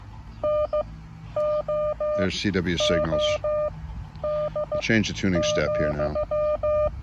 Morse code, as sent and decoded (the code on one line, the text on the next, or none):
-. --- --- -.. --..--
NOOD,